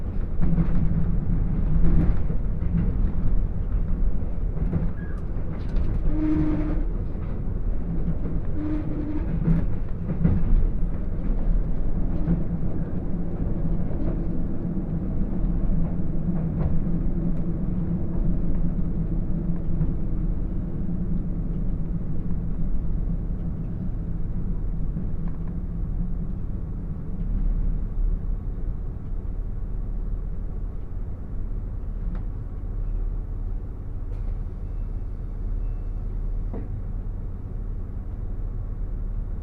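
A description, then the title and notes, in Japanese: Takayama Line limited express Hida No. 14 rumbles steadily with a deep low drone, occasional clicks and squeaks early on, gradually easing quieter. 高山本線特急ひだ14号 富山→猪谷。乗車したのは当時まだキハ85系のグリーン車。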